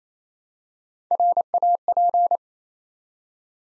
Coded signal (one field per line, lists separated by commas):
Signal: Morse code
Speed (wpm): 29 wpm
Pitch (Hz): 700 Hz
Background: none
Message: RAP